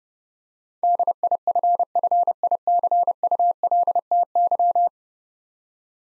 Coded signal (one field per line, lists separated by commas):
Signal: Morse code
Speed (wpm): 32 wpm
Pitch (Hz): 700 Hz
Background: none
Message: DIFFICULTY